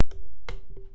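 A TS instrument cable from a small switched device is pushed into the input jack of an audio interface, giving a sharp, loud pop at 0.0 s as the plug seats. Softer taps follow at about 0.1 s and 0.5 s, with a faint one near 0.8 s, over a thin ringing tone around 400 Hz that fades out. The plug is confirmed seated and plugged in.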